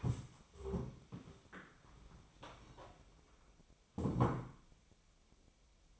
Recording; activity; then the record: daily activity, microphone in the room; stand up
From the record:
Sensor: 1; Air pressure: 1000.5 hPa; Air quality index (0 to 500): 174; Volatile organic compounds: 4 ppm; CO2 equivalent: 1617 ppm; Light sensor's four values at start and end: 13/30/13/14 and 13/30/13/15